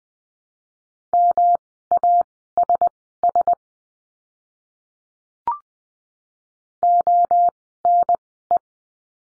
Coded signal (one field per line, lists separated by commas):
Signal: Morse code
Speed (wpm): 20 wpm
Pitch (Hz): 700 Hz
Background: none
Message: MASS ONE